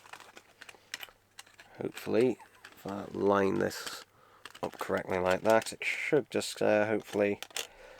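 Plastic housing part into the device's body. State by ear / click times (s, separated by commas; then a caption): not seated / none. A plastic piece of a device's housing is lined up and pressed toward the device's body while someone talks, with small sharp clicks and taps of handling early in the clip and again at the very end. The part has not snapped into place yet, and nothing has seated or clicked by the end.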